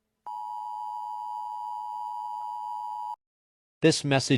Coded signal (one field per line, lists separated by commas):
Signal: Emergency Alert System (SAME) tones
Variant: 853 and 960 Hz attention tone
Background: speech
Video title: T A P W A T E R, EAS SCENARIO